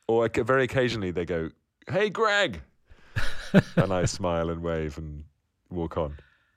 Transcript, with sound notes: Or very occasionally they go, hey, Greg.
(Laughter).
And I smile and wave and walk on.